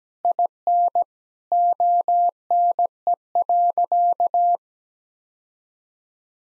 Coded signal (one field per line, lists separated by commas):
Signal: Morse code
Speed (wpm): 17 wpm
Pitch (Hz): 700 Hz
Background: none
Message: IN ONE.